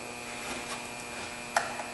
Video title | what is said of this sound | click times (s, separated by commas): 2006 Saturn Ion Misfire Repair | We're going to plug back into the module, and you'll push it, you hear it snap in, | 1.6 s